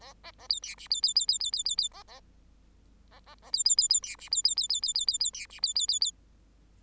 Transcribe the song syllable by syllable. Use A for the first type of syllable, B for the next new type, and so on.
A A A B C D B B B B B B B B A A A A A B B B B C D B B B B B B B B C D B B B B